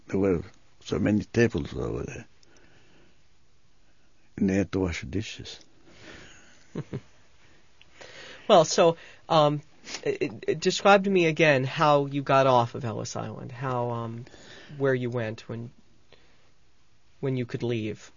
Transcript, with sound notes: There were so many tables over there. And they had to wash dishes. ( he laughs )
Well, so, describe to me again how you got off of Ellis Island, how, where you went when you could leave.